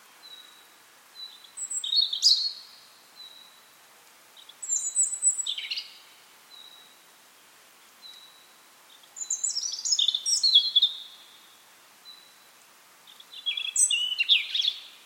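A bird sings in repeated phrases, four bursts of bright, high chirps and trills arriving about every four seconds with quiet pauses between. The song is clear, sitting high in pitch, over a faint, hushed outdoor background with nothing low underneath.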